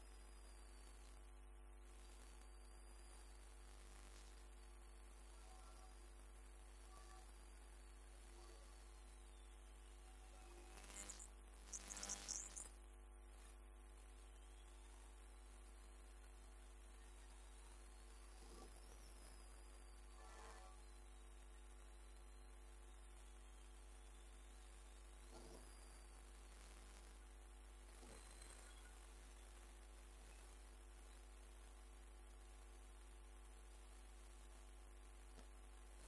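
An electromagnetic field detector gives a steady electrical hum with stacked buzzing tones and a hiss, plus a faint wavering whine in the high range. Brief crackling bursts break through around 11–13 seconds, with smaller clicks near 20, 25 and 28 seconds.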